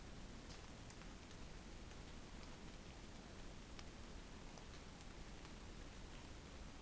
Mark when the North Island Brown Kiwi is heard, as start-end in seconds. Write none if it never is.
none